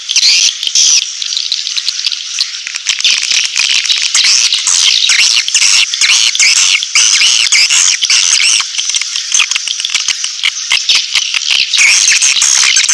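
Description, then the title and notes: Swiftlets give a dense wash of shrill, overlapping chirps and buzzy trills, near-constant throughout. Swiftlet sound used in swiftlet farming, Asia. "Swiflet Bird Sound. Farming Swiflet Bird asia sound"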